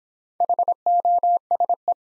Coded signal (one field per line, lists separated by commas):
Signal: Morse code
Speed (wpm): 26 wpm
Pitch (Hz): 700 Hz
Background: none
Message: HOSE